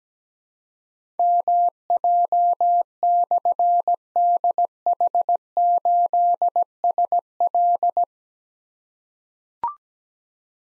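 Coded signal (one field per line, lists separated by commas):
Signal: Morse code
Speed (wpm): 17 wpm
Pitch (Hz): 700 Hz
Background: none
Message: MJ/DH8SL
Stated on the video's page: Morse practice drill of difficult call signs containing slashes at 17 wpm, each sent, spoken, then sent again.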